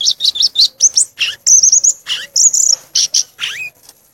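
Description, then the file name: Violaceous euphonia song: a quick, jumbled series of high twittering and buzzy notes with a few descending slurs. "canto do gaturamo verdadeiro"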